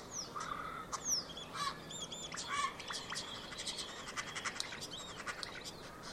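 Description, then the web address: Common starling giving a mix of falling whistles, wheezy notes and rapid clicking rattles, varied and irregular. "Deverinetal 2025. Bird Only"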